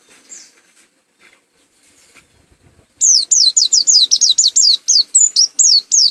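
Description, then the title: White-eye song: after about three seconds of near quiet, a fast run of high, sharp whistled notes, about four per second, continuing to the end. Macok type, endemic to Malang, East Java. "Burung Pleci Macok Endemik Jatim Malang"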